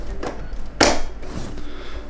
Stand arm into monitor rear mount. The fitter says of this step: and push it until it clicks.